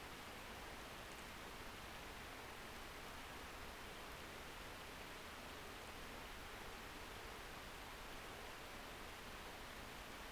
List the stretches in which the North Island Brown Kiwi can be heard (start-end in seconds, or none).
none